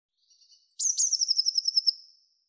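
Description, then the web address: Eurasian blue tit call: a thin, very high note that drops into a fast buzzy churring trill of several pulses, then fades. "cianscape birddata Deverinetal 2025 File cleaned normalized Bird Cy Ca"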